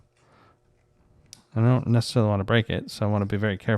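A section of a plastic/resin wargame terrain wall is pulled off its click-together base platform, giving a single sharp pop at 1.3 s after a quiet lead-in. Someone then talks, saying he is being careful not to break it, so whether the section came fully free is unclear.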